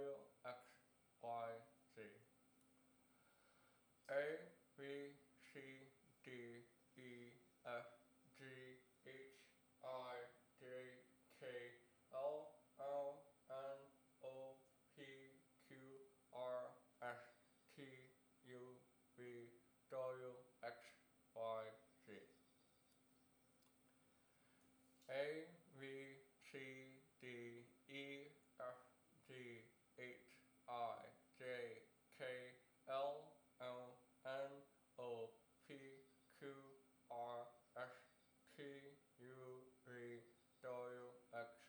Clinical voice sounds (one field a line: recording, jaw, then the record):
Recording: letters of the alphabet, spoken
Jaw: constrained by a bite bar between the teeth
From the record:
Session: first day, right after the free take